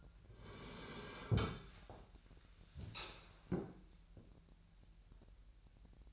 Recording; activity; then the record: daily activity, microphone in the room; sit down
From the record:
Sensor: 2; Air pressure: 1001.4 hPa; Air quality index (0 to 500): 242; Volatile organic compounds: 75 ppm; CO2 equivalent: 3564 ppm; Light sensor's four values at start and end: 8/20/8/9 and 11/26/11/11